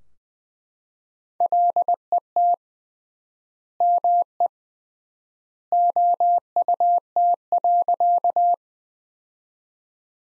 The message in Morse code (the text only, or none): LET ME OUT.